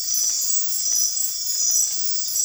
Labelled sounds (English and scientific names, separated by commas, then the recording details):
none
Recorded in dense forest near Puerto Asís, Putumayo, Colombia, on 8 March 2025 at 01:00
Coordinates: 0.503, -76.323
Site GP09